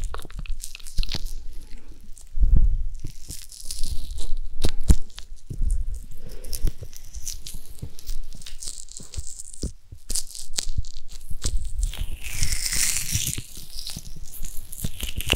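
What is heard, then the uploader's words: Ear massage sounds: dense, continuous rubbing and crinkly crunching with constant sharp clicks and pops scattered throughout. Low thumps swell around 2–3 and 5–6 seconds, and a brighter swishing sweep rises near 12–13 seconds. ASMR Ear Massage.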